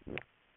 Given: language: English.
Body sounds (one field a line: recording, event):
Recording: throat vibration sensor signal played as sound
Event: swallow